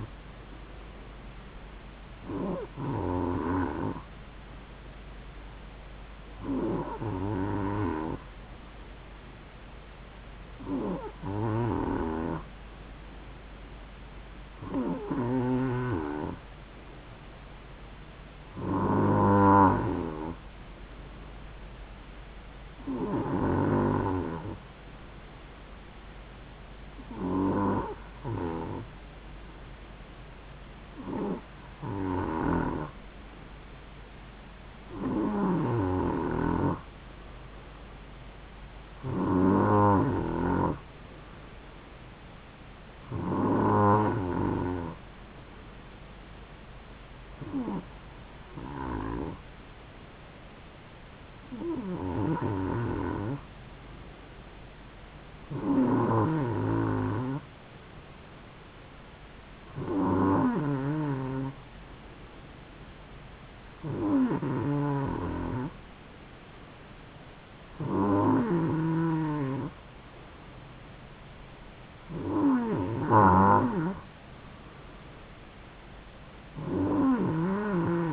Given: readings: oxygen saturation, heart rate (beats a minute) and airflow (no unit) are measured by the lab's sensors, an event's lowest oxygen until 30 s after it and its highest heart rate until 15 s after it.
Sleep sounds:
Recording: breathing in sleep by a voice recorder at the bedside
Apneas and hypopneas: none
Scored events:
none scored
From the record:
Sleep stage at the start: N2 (light sleep)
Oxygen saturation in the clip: 91 to 94%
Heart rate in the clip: 66 to 71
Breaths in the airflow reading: 19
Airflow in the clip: -3.2 to 3.2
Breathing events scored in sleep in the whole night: 270 in 6.1 hours asleep

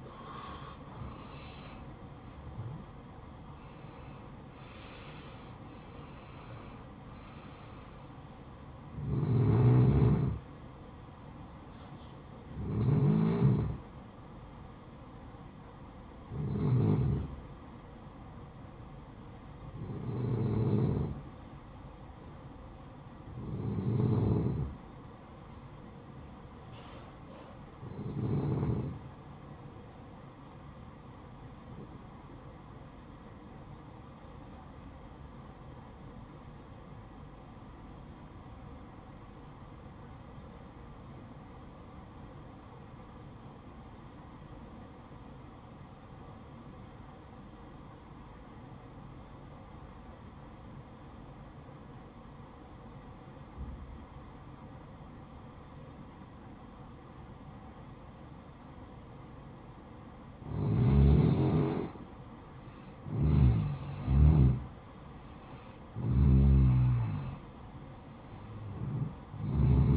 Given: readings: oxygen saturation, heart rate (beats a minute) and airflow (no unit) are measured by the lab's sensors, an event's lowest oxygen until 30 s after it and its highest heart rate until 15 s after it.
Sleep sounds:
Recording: breathing in sleep by a smartphone at the bedside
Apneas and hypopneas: 1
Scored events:
15.00-69.97 s: new sleep stage, N2 (light sleep)
36.00-62.90 s: obstructive apnea (N2, oxygen 96% highest, then 87% lowest, heart rate 57 at the start, 69 highest)
From the record:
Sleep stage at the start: N1 (lightest sleep)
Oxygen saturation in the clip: 88 to 96%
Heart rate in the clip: 53 to 70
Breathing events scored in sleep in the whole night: 573 in 9.8 hours asleep

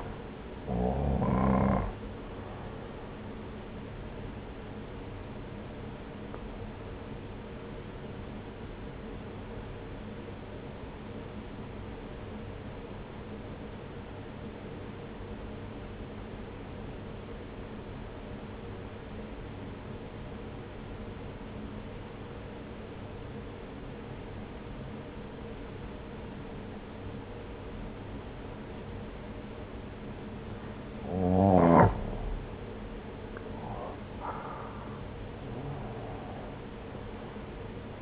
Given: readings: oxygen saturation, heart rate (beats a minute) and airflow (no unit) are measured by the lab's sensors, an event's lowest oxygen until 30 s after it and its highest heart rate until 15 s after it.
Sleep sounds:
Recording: breathing in sleep by a voice recorder at the bedside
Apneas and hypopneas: 1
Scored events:
7.00-32.60 s: obstructive apnea (N1, oxygen 94% highest, then 88% lowest)
14.00-38.02 s: new sleep stage, N2 (light sleep)
From the record:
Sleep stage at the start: N1 (lightest sleep)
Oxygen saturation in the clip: 89 to 94%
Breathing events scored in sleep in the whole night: 303 in 8.1 hours asleep

